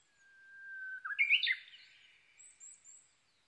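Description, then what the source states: Japanese bush warbler: a steady whistled note builds, then snaps into a loud tumbling phrase, with thin high whistles from another bird afterwards. Recorded 22 May 2011 at 05:58.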